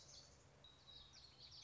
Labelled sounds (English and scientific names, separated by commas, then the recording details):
Common Yellowthroat (Geothlypis trichas)
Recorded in Sonoma County, California